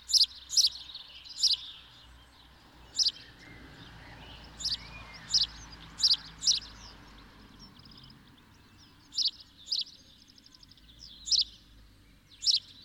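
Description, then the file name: House sparrow chirping: short, harsh, bright notes given singly or in quick pairs at irregular intervals, about a dozen in all, over a low steady hum. "Passer domesticus"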